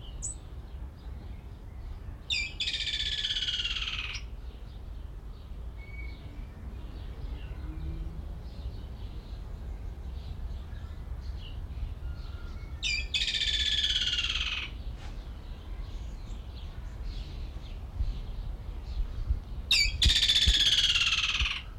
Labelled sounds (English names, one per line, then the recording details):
Woodland Kingfisher call
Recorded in captivity
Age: adult
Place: Zoo Berlin, Berlin, DE
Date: 1994-05-21 11:46
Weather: heiter, 12-16°C
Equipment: Marantz CP 430, Sennheiser ME 80, Kopie Uher Variocord 263
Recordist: Tembrock, Günter